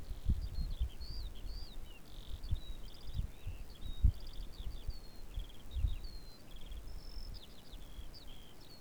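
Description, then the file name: Eurasian skylark in song: a rapid, high-pitched babble of chirps and trilled phrases running on without pause, with faint low background noise. "Skylark"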